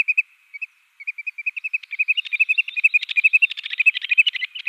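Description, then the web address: Wood Sandpiper display calls, short clipped whistled notes repeated steadily, speeding into a dense rapid chatter of overlapping notes in the second half. Wood Sandpiper in display flight. "Schulze Peter Wood Sandpiper displayflight"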